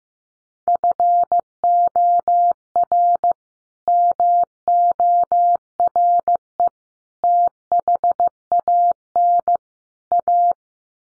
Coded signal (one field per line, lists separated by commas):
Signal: Morse code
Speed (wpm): 15 wpm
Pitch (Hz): 700 Hz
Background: none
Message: FOR MORE THAN A